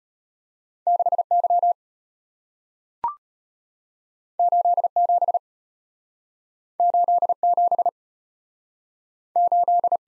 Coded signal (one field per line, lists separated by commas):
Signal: Morse code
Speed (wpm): 34 wpm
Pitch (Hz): 700 Hz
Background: none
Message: 6Y 87 87 8